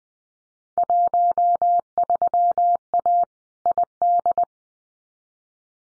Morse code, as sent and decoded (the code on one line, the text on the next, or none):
.---- ...-- .- / .. -..
13A ID